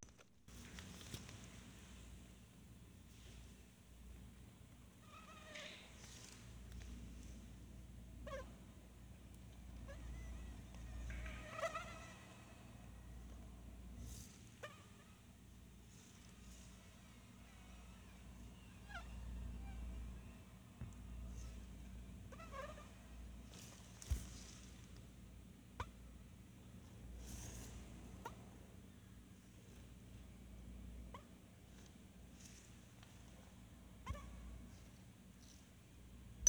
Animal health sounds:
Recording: mosquito flight sound by mobile phone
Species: Anopheles stephensi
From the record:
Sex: female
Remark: in a cage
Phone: Sony Xperia

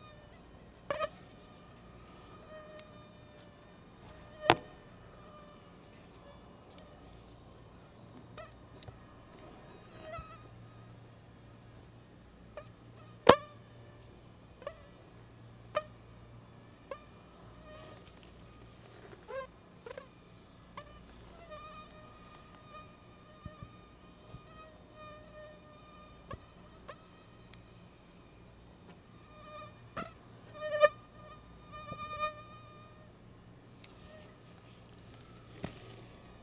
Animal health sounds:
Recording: mosquito flight sound by mobile phone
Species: Aedes albopictus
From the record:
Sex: female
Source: CDC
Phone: Google Nexus

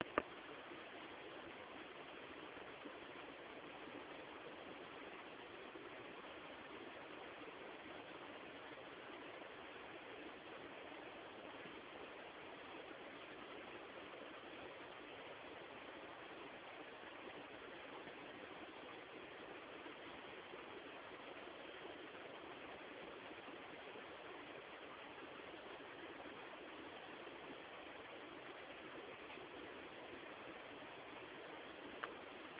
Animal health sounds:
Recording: mosquito flight sound by mobile phone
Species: Culex tarsalis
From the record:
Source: PrakashLab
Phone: Samsung T209

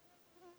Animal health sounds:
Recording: mosquito flight sound by mobile phone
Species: Aedes sierrensis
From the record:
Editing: cut to the mosquito's sound

